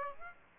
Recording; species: mosquito wingbeat signal from an infrared sensor; Aedes aegypti